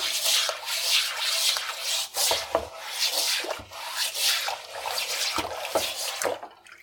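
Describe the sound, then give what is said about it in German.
A stiff brush, used instead of a sponge while washing dishes, scrubs back and forth across a wooden cutting board, making a steady, bristly rasping broken by a few sharper knocks, with faint watery drips and no talking. “Ah ja, da hört man, wie ich jetzt nämlich nicht mehr den Schwamm nehme, sondern die Bürste.”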